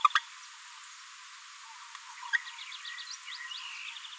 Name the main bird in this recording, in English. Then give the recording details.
Green-rumped Parrotlet. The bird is a female. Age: 30 days. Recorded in a nest box in Venezuela. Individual 17B73B3